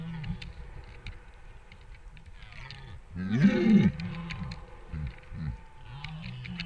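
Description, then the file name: Deer giving deep, rough grunting roars, a steady run of low throaty calls with one louder, harsher bellow in the middle before the grunting carries on. "ciervos"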